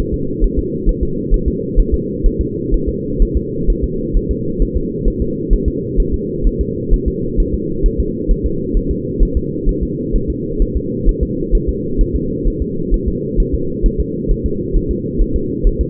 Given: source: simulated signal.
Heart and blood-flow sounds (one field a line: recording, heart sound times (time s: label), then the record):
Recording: fetal heart sounds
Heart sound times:
0.14 s: S2
0.44 s: S1
0.59 s: S2
0.89 s: S1
1.03 s: S2
1.34 s: S1
1.48 s: S2
1.79 s: S1
1.94 s: S2
2.26 s: S1
2.41 s: S2
2.74 s: S1
2.89 s: S2
3.22 s: S1
3.37 s: S2
3.70 s: S1
3.84 s: S2
4.16 s: S1
4.31 s: S2
4.62 s: S1
4.77 s: S2
5.08 s: S1
5.22 s: S2
5.53 s: S1
5.68 s: S2
6.00 s: S1
6.14 s: S2
6.47 s: S1
6.61 s: S2
6.94 s: S1
7.08 s: S2
7.40 s: S1
7.54 s: S2
7.86 s: S1
8.00 s: S2
8.31 s: S1
8.46 s: S2
8.77 s: S1
8.91 s: S2
9.23 s: S1
9.37 s: S2
9.69 s: S1
9.83 s: S2
10.16 s: S1
10.30 s: S2
10.62 s: S1
10.77 s: S2
11.09 s: S1
11.23 s: S2
11.55 s: S1
11.69 s: S2
12.01 s: S1
12.16 s: S2
12.47 s: S1
12.62 s: S2
12.94 s: S1
13.08 s: S2
13.40 s: S1
13.54 s: S2
13.86 s: S1
14.00 s: S2
14.31 s: S1
14.46 s: S2
14.77 s: S1
14.91 s: S2
15.21 s: S1
15.36 s: S2
15.67 s: S1
15.81 s: S2
From the record:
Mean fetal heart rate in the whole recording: 130 bpm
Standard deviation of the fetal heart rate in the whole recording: 4 bpm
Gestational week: 38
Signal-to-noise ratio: -6.6 dB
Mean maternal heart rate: 72 bpm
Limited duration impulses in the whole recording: present